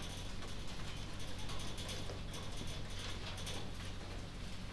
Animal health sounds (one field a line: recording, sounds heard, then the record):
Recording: poultry house recording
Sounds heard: healthy chickens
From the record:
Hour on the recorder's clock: 22